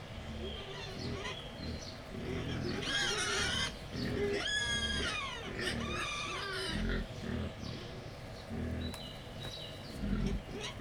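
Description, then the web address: Wild boar giving a run of deep grunts, interrupted by shrill, harmonic squeals between three and seven seconds. Wild boar at Jászberény Zoo, recorded 28 April 2015, calling excitedly before feeding. "allathangok jaszberenyizoo 2015 professzionalis vaddiszno etetesrefelajzva c 04 28"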